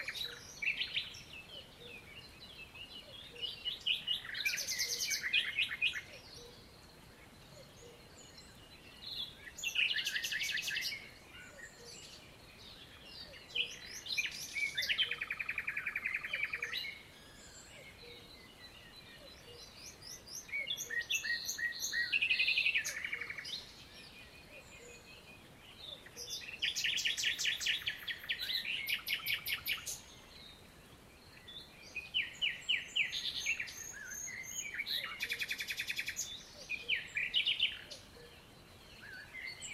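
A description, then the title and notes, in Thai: Birds chirp and trill in repeated bright bursts every few seconds, with quieter stretches between, over a faint steady background hiss. เสียงนก.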